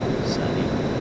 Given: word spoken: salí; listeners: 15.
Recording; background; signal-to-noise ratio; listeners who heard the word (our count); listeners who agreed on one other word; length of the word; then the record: one Spanish word in noise, from a listening test; speech-shaped noise; -6.8 dB; 0 of 15; 14 of 15; 0.60 s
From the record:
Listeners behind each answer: 14, 1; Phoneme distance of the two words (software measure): 7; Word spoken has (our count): 2 syllables, 4 phonemes, stress on syllable 2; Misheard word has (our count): 2 syllables, 5 phonemes, stress on syllable 2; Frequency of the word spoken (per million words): 13.03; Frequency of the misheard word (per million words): 147.13